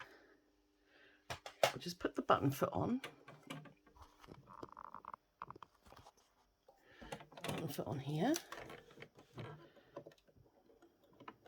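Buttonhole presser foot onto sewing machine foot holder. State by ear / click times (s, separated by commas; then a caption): not seated / none. Someone talks while a metal-and-plastic buttonhole foot is handled and pushed toward the sewing machine's presser foot holder, with light handling taps and rattles throughout. The foot has not yet snapped into place; nothing has clicked or seated by the end of the clip.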